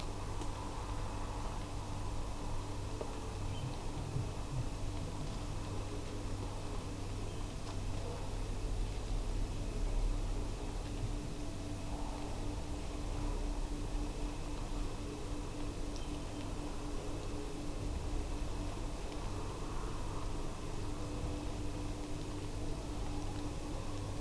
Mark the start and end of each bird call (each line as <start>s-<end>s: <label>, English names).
3.52s-3.63s: Eurasian Oystercatcher